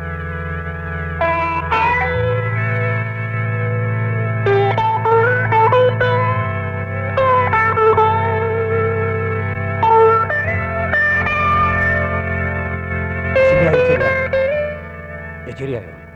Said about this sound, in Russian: Там фонограмма есть, да? Вы знаете, я попытаюсь прочитать так, как это звучит в нашем спектакле. Потому что иначе, как стихи, я не умею читать. Да, давайте фонограмму.